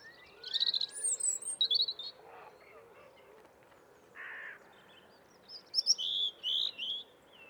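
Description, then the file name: European robin delivering high, sweet warbled phrases in two bouts, with a brief lower rasping note between them and soft background noise throughout. "Robin singing"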